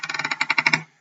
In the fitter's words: just screws on gently and I often use both hands on opposite sides when I put it on and hear the clicking